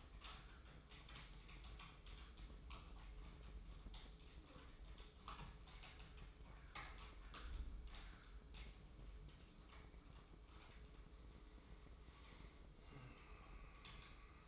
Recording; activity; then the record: daily activity, microphone in the room; typing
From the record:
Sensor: 1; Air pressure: 995.3 hPa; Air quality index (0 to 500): 28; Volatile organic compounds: 1 ppm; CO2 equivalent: 541 ppm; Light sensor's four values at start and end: 17/57/21/23 and 17/58/21/23